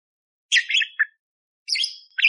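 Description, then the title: Budgerigar chatter: two quick bursts of squeaky, scratchy chirps separated by a brief silence. Masteran bird-training song of a budgerigar singing loudly and clearly, with harsh 'tembakan' fill phrases, meant for tutoring kacer (oriental magpie-robins). "Masteran Burung Parkit Gacor Jernih Full Isian Tembakan Kasar Cocok Buat Kacer"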